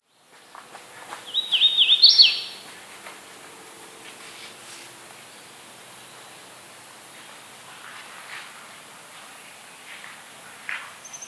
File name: Setophaga citrina - Hooded Warbler